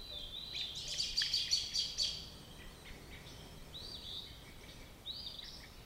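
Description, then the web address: Robin song: a burst of bright, warbled phrases in the first two seconds, then softer, scattered high whistled notes over a steady background hiss. "Sounds of Nature Robins"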